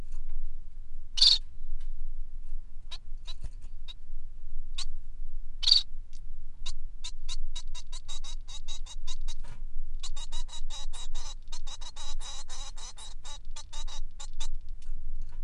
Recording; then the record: song of a male Bengalese finch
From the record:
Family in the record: son of father 3